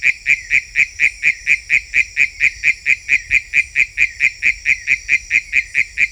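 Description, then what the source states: Philautus frog calling with a steady, fast series of high, clicking pulses throughout, accompanied by a high, unbroken drone. Unidentified Philautus species labelled sp 7.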